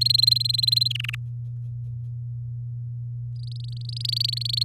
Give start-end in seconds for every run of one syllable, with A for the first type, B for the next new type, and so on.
0.01-0.88 A, 0.90-1.15 B, 3.39-4.63 C